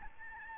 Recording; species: mosquito wingbeat signal from an infrared sensor; Aedes albopictus